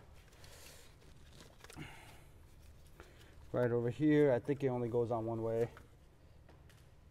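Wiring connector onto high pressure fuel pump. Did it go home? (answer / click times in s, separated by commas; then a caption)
no / none. The electrical wiring connector for the high pressure fuel pump on a BMW 335i N54 is handled and turned by hand, lined up before being pushed home, because it only fits one way. Faint rustles and light ticks come from the handling while someone talks in the middle of the clip. Nothing has seated or clicked yet.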